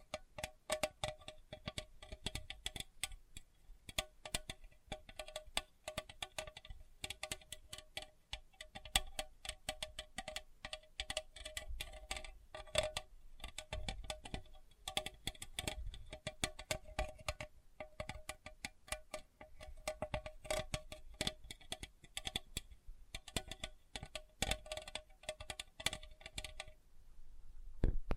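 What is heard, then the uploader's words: Sensitive tapping, made of quick light taps that fall in dense, uneven runs for the whole stretch, with brief gaps. A faint ringing tone hangs under the taps through most of the clip. ASMR Sensitive Tapping (No Talking).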